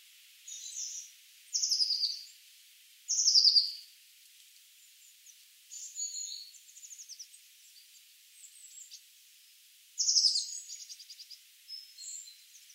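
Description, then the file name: Eurasian blue tit calling with short, high chattering bursts and rattles scattered irregularly throughout, some louder, others faint. "Cyanistes caeruleus"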